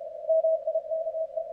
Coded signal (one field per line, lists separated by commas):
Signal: Morse code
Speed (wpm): 34 wpm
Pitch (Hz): 660 Hz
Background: radio noise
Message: MIKE